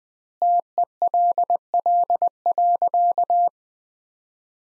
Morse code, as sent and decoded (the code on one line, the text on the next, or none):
- . .-.. .-.. .-.-.-
TELL.